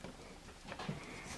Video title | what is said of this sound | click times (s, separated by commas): iPhone 6 Rear Camera Replacement How To Change | kind of feel em firmly snap into place there | 0.0 s, 0.7 s